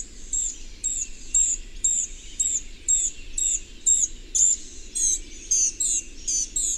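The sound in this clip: Bird song: very high, thin chirped notes repeated about twice a second. A faint low hum sits underneath.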